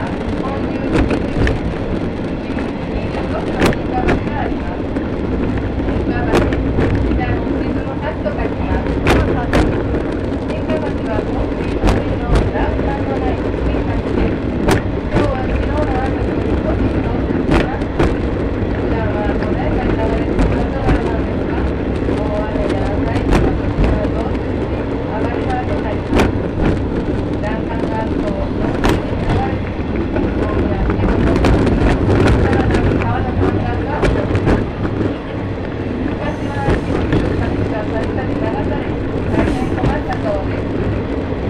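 Riding an open-air trolley train, a loud, steady low roar fills the car, broken by sharp wheel clicks every few seconds and murmured voices.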